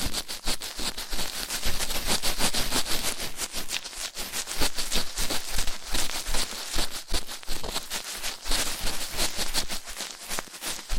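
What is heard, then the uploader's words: Rough ear cleaning fills the whole stretch with dense, crackling scratches and rubbing strokes, bright and gritty. The strokes come rapidly and unevenly, with brief dips between bursts but no real pause, and the level stays fairly steady throughout. ASMR Rough Ear Cleaning (No Talking).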